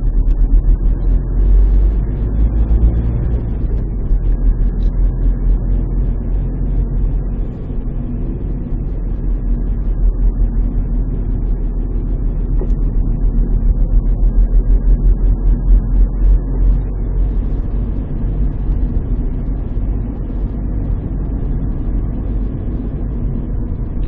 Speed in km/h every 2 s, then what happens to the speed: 39, 44, 48, 47, 44, 45, 47, 48, 52, 53, 54, 53.
0-4 speeds up to 48. 4-9 steady at about 47. 9-19 speeds up to 54.